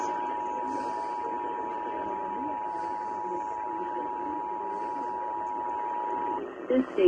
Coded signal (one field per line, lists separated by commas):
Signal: Emergency Alert System (SAME) tones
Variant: 853 and 960 Hz attention tone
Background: speech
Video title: Those Spooky Feelings | EAS Tests From 10/4/2022 (EAS #1,750-1,759)